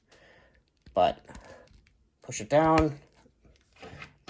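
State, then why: Seated. Someone talks while pushing the plastic head of an Evil Dead Ultimate Ash action figure down onto its thin neck peg. A small pop is heard at 4.0 s as the head seats firmly into place on the neck joint.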